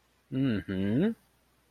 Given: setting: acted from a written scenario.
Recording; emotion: vocal sound without words; realization